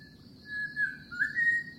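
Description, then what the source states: Unidentified bird call of pure whistles: one slurred note, then a drop and a rising, held whistle, against a steady high hum and faint low rumble. In mangroves; bird species unknown.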